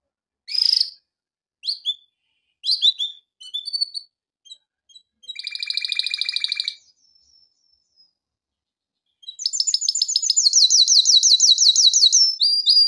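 Canary song beginning with separate short chirps, a buzzy trilled phrase, a quiet gap, then a fast high rolling trill.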